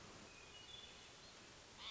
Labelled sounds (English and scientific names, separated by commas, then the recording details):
Hermit Thrush (Catharus guttatus)
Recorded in Sonoma County, California